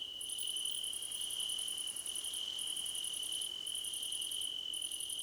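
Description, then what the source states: Crickets chirping in a dense chorus: a steady high trill underneath, with very high pulsed bursts broken by short gaps. Crickets in a choir competition.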